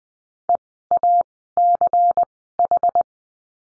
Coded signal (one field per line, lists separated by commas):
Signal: Morse code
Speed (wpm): 20 wpm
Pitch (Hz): 700 Hz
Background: none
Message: EACH